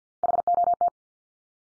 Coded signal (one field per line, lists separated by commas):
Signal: Morse code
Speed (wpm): 50 wpm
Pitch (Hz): 700 Hz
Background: none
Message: HOT